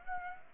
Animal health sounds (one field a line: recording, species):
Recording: mosquito wingbeat signal from an infrared sensor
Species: Aedes aegypti